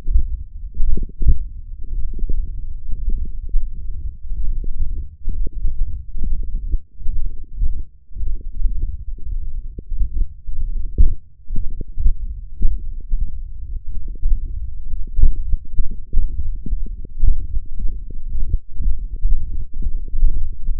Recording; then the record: forearm muscle sounds (acoustic myography)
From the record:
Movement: hook grip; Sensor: system 1, eight BSWA MPA416 microphones around the upper forearm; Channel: 5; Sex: male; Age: 21 years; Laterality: right